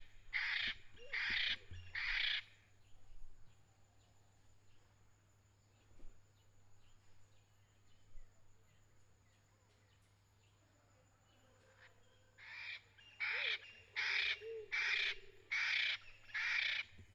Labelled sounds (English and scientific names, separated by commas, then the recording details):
Clapperton's Francolin (Pternistis clappertoni)
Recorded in northern Uganda